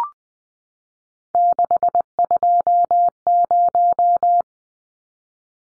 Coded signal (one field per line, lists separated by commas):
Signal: Morse code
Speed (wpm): 20 wpm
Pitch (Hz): 700 Hz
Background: none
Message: 620